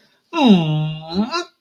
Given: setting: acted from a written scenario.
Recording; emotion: vocal sound without words; pride